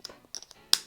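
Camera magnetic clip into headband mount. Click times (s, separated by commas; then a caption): 0.7 s. A magnetic easy clip from the standard bundle of an Insta360 Go Ultra camera is pushed through the slot on the fabric magnetic headband. A few light taps and rustles come first, then a sharp, bright snap at 0.7 s as the clip seats and locks into the headband mount.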